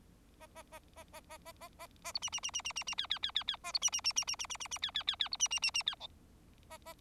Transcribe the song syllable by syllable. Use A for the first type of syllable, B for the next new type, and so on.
A A A A A A A A A A B C C C C C C C D D D D D A B C C C C C C C C C D D D D B C C C C D E A A